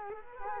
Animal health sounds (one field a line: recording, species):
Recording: mosquito wingbeat signal from an infrared sensor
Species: Culex quinquefasciatus